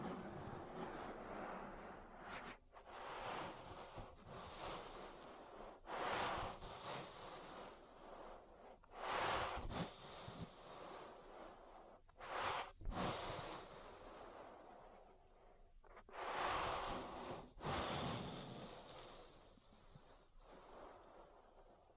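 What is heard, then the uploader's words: An ASMR ear massage of dense rubbing and brushing strokes with a rushing, hissy texture that swells and fades in uneven waves. Louder bursts of friction land around 9, 12.5, 16.5 and 17.5 seconds, separated by brief dips between strokes. ASMR Relaxing Ear Massage. (No Talking).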